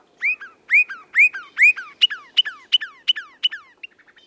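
Northern Cardinal whistling loud, rich slurred notes that rise then fall, switching midway to quicker, sharper downslurred whistles and ending in a few soft notes.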